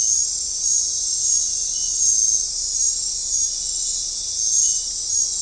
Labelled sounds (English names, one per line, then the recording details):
none
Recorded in dense forest near Puerto Asís, Putumayo, Colombia, on 15 December 2024 at 21:30
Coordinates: 0.499, -76.324
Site G045